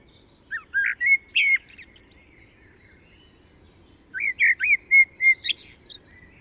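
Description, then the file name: Common blackbird song: two phrases of warbled whistles, the second longer and ending in high twitters. "Turdus merula"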